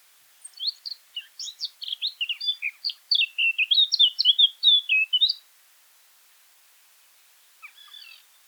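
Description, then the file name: Eurasian blackcap song: a rapid twittering warble building into fluty whistled notes over five seconds, then quiet and a faint short phrase near the end. "Sylvia atricapilla"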